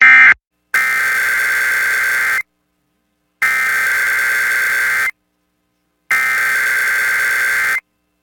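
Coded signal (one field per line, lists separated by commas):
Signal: Emergency Alert System (SAME) tones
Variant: header bursts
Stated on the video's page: Routine weekly Monday Emergency Alert System tests.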